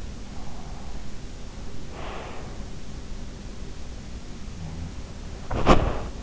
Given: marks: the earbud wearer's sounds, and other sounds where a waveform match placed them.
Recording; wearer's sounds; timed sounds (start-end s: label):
sounds in sleep by an in-ear microphone; breath, body movement
0.39-2.64 s: breath
5.37-6.11 s: body movement